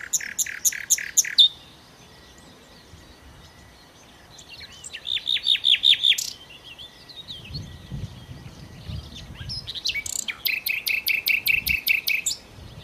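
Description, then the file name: Common nightingale singing separate phrases of rapid, harsh, repeated clicking notes, several seconds apart, with quieter chattering birdsong between phrases. "Nachtigall"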